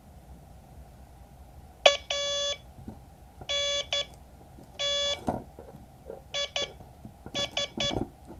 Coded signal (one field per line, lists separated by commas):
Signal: Morse code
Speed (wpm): 11 wpm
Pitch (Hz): 570 Hz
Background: none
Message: ANT IS